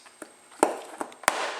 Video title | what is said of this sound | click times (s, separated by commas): BMW 330i Headlight Lens and Washer Nozzle Replacement DIY | and you'll hear heum snap and you'll fill it come up | 0.6 s, 1.3 s